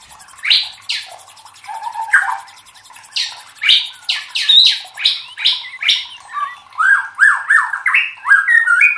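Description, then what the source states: White-rumped shama song made of repeated sharp notes, moving into quicker rising whistles toward the end. Masteran (training recording for cage birds) of murai batu, titled 'Labaik'.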